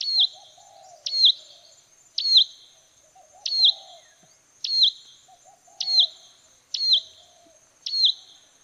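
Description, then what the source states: Songbird repeating a sharp, high whistled phrase about once a second, each with a dropping note, over a faint lower warbling. Bird song for training pet birds to sing.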